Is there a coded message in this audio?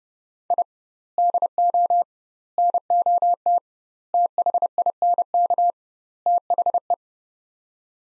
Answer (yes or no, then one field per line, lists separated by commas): yes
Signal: Morse code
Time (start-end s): 0.5-6.9 s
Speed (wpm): 32 wpm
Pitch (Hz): 700 Hz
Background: none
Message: I DO NOT THINK THE